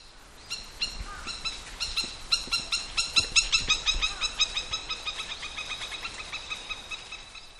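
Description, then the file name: Crested kingfisher giving harsh, grating, clicking calls in a rapid rattling series that builds and then fades over several seconds. "yamase"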